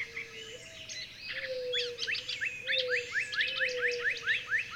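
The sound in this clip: A chorus of birds with varied high twitters giving way to a steady series of rising chirps, over a low, stepped drawn-out tone.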